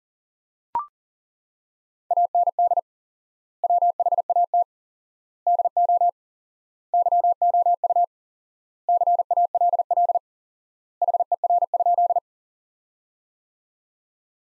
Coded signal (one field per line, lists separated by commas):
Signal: Morse code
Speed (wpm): 40 wpm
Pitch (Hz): 700 Hz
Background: none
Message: AND WHAT DO YOU CALL HER?